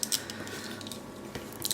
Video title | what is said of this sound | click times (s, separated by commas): MASTERPIECE TIGATRON MP-50 REVIEW | and then swing the little armor pieces around and they will click into place. | 0.0 s, 1.7 s